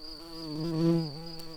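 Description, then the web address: White-tailed bumblebee buzzing, a low droning hum that swells and rises slightly in pitch midway, then falls back, with a steady high tone throughout. Queen. "Lucorum queens"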